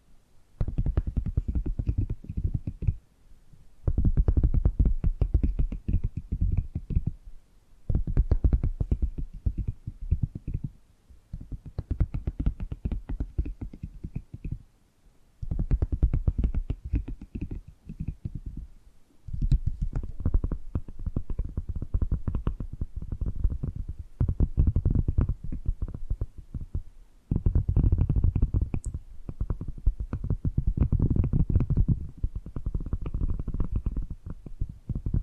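Tapping and gripping sounds come in dense, rustling bursts a few seconds long, separated by brief pauses. Each burst is made of rapid, irregular little taps and scrapes with a heavy, low rumbling body and some brighter crackle on top, fairly loud throughout.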